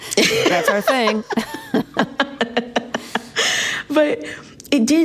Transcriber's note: laughter